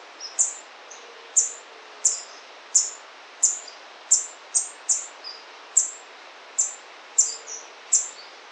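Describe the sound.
White-browed foliage-gleaner giving thin, high, sharply descending call notes in an uneven series, roughly one and a half per second, over a quiet background.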